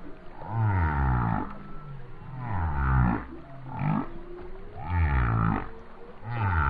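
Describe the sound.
Whale song: a series of deep, downward-sliding groans with thin rising whistles in between.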